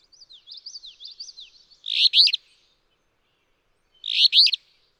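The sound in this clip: Alder flycatcher singing a brief buzzy two-note phrase twice, after a soft run of high thin notes.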